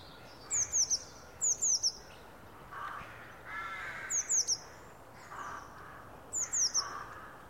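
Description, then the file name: Eurasian blue tit call: quick sets of three high, slurred, downward notes, two sets close together at the start, then two more sets a few seconds apart, over soft background noise. "Cyanistes caeruleus"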